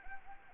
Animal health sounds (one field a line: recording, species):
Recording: mosquito wingbeat signal from an infrared sensor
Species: Anopheles arabiensis